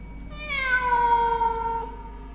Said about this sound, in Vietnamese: Bất giác, con mèo nhảy tọt lên trên khung cửa sổ, kêu lên những tiếng ghê rợn, đưa đôi mắt nhìn thẳng vào tiểu thư.